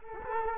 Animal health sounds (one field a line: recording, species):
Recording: mosquito wingbeat signal from an infrared sensor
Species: Culex quinquefasciatus